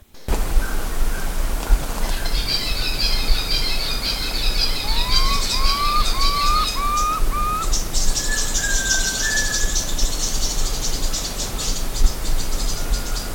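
Bird calls: a run of five short upslurred whistles, then a longer higher note and scattered chirps, over a steady low rumble and a high insect-like buzz.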